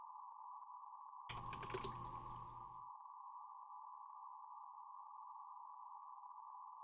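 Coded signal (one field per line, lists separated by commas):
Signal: PSK31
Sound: a continuous warbling tone near 1 kHz, briefly overlaid by clattering keystroke-like clicks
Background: keyboard typing clicks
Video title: Ham Radio DIGI Mode PSK31/Voice Live stream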